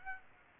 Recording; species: mosquito wingbeat signal from an infrared sensor; Aedes aegypti